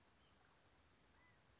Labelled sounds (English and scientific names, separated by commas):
California Quail (Callipepla californica)